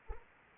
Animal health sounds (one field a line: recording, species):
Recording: mosquito wingbeat signal from an infrared sensor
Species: Anopheles arabiensis